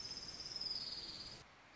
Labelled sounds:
Orange-crowned Warbler (Leiothlypis celata)
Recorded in Sonoma County, California

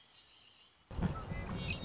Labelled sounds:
Red-winged Blackbird (Agelaius phoeniceus)
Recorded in Sonoma County, California

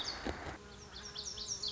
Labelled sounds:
Lazuli Bunting (Passerina amoena)
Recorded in Sonoma County, California

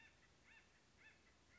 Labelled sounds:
Acorn Woodpecker (Melanerpes formicivorus)
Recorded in Sonoma County, California

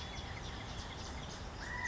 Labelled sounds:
California Quail (Callipepla californica)
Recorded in Sonoma County, California

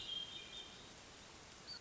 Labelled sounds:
Hermit Thrush (Catharus guttatus)
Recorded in Sonoma County, California

